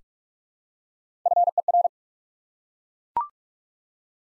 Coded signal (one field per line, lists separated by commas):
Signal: Morse code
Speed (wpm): 41 wpm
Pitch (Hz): 700 Hz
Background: none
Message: FER